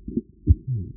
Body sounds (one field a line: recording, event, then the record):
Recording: neck accelerometer signal played as sound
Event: voluntary cough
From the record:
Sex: male